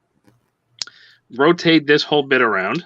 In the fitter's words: we come under here i'm gonna pop this piece up